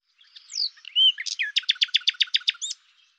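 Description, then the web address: Common nightingale song opening with a few whistles, then a series of rapid, evenly spaced loud repeated notes. "cianscape birddata Deverinetal 2025 Bird Lu Me"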